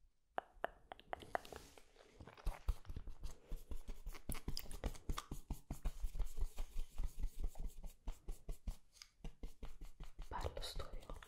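Rapid brushing strokes scratch and rasp in a dense, fairly regular rhythm, with a few sharp separate taps in the first two seconds before the strokes run steadily on. Around eight seconds the brushing briefly thins and pauses, then resumes; no voice stands out.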